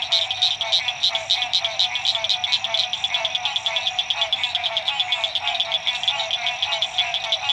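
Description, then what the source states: Frog chorus with rhythmic pulsed calls standing out over a continuous high trilling background. Frogs at dusk at La Rue PH, Illinois.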